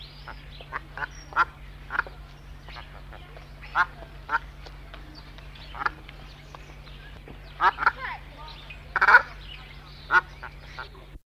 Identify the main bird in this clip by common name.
Brent Goose